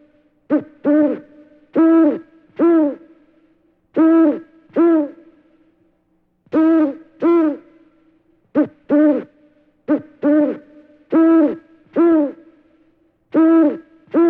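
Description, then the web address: Bird giving rich, harmonic hooting notes, singly or in pairs, at irregular intervals with quiet pauses between them. "Звуки природы - птицы"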